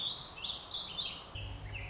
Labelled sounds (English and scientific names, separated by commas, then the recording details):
Warbling Vireo (Vireo gilvus)
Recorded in Sonoma County, California